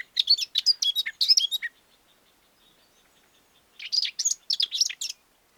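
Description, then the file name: Eurasian blackcap singing two short, hurried warbling phrases of mixed high notes, separated by about two seconds of quiet. "Sylvia atricapilla"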